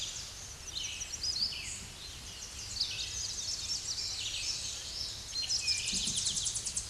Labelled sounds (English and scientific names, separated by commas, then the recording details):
Red-eyed Vireo (Vireo olivaceus) song
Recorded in a Pennsylvania forest on 16 May 2024 at 07:45
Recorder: AudioMoth, point MSD-1293
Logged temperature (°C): 12.0 °C
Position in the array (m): 39 m, 177 m